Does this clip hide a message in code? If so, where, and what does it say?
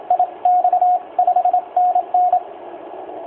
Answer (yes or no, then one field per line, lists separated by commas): yes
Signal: Morse code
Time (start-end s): 0.1-2.4 s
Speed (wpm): 27 wpm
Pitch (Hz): 720 Hz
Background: radio noise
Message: IX 5NN